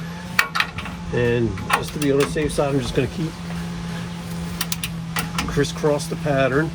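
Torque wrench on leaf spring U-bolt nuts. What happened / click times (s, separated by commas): The torque wrench clicked at its set value / 0.4 s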